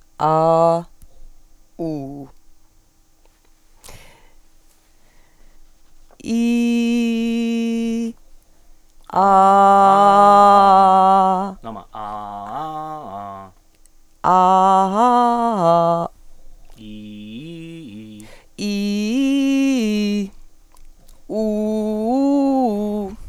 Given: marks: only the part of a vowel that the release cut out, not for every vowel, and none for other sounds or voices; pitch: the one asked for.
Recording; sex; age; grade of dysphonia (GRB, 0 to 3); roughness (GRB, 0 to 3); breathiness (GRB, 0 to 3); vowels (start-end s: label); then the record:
sustained vowels; female; 50 to 59 years; 0; 0; 0
0.25-0.76 s: vowel /a/, low pitch
14.38-15.93 s: vowel /a/, low-high-low pitch
18.69-19.94 s: vowel /i/, low-high-low pitch
21.49-22.99 s: vowel /u/, low-high-low pitch
From the record:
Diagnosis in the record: healthy voice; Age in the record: 56 years